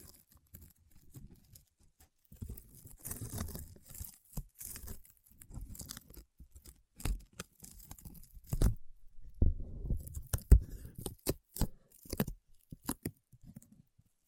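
Paraffin wax being peeled and scratched, with dry crackling and tearing textures in irregular bursts. Sharp taps and clicks land often, clustering densely around 3 seconds and again from about 9 to 13 seconds, separated by brief quiet gaps near 2 and 9 seconds.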